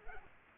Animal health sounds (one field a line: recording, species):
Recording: mosquito wingbeat signal from an infrared sensor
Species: Culex quinquefasciatus